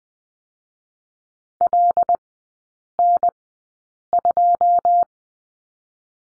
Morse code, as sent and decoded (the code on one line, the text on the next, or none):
.-.. / -. / ..---
L N 2